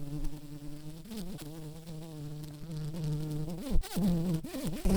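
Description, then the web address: Tree bumblebee buzzing, a low droning hum that wavers in pitch and rises slightly near the end. Queen. "bumblebees Hypnorum-queens"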